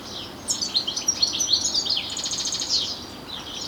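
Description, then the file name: European goldfinch giving quick, liquid, high tinkling chirps and twitters. "Carduelis carduelis"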